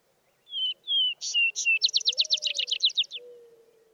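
Vesper sparrow song: two clear whistled notes, then higher buzzy notes and a fast trill, with a faint low tone beneath.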